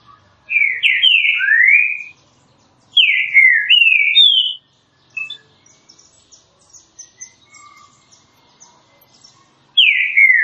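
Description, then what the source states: Green-winged saltator song of two loud whistled slurred phrases, then soft chips and a fresh phrase beginning. Classic song, used for training.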